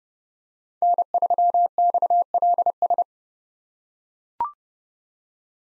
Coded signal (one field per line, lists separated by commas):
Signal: Morse code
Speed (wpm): 30 wpm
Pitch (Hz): 700 Hz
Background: none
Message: N3XLS